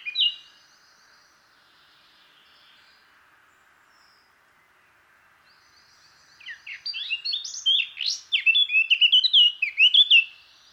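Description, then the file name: Eurasian blackcap: one short note, about six seconds of near silence, then a lively stretch of quick, chattering warble with bright whistled notes. "Sylvia atricapilla"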